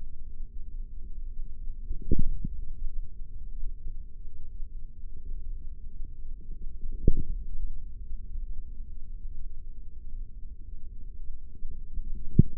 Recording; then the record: forearm muscle sounds (acoustic myography)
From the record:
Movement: forearm pronation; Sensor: system 3, bracelet of six PUI Audio POM-2738L microphones around the upper forearm, with dedicated amplification and filtering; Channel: 2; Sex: male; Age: 55 years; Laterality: right